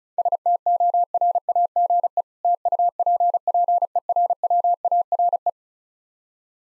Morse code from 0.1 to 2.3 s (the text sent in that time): STORAGE